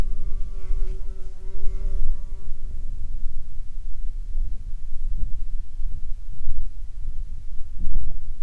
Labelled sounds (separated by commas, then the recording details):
wind, insects
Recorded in the Prudhoe Bay oil fields, Alaska, on 17 July 2019 at 09:25
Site 11